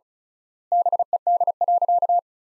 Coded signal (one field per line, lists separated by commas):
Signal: Morse code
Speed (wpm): 36 wpm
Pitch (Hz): 700 Hz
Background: none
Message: BED.